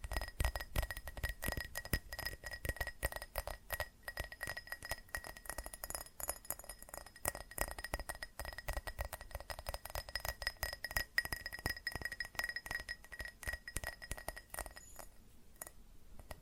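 Rapid, dense tapping on glass and ceramic objects, bright clinks ringing with steady tones, continuing nearly nonstop and thinning slightly near the end.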